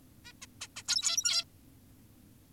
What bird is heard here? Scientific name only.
Taeniopygia guttata